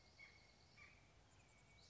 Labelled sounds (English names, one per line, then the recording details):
Chestnut-backed Chickadee
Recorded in Sonoma County, California